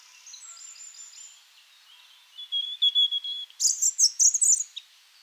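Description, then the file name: European robin song: thin high whistles at first, then a louder burst of sharp, fast trilled and twittering notes near the end. "Erithacus rubecula"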